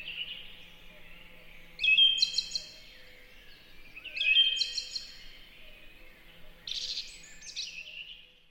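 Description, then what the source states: Song thrush singing two matching ringing phrases a few seconds apart, followed by a different, buzzier phrase. Beautiful, peaceful, relaxing song in a spring forest.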